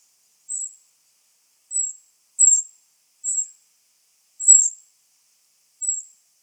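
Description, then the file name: Eurasian wren calls: six short, very high, sharp notes given singly at uneven gaps, against silence. "Troglodytes troglodytes"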